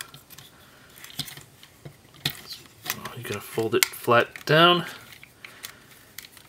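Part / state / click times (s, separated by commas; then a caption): plastic fold-down panel on a transforming robot figure / not seated / none. A plastic fold-down panel on a transforming robot toy is folded flat down, with small plastic taps and clacks while someone talks. The panel does not lock into place, and nothing has clicked or seated yet.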